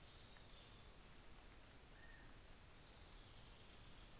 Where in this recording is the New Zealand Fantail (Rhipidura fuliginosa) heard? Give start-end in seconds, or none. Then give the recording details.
none. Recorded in New Zealand on 24 December 2018. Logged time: 10:15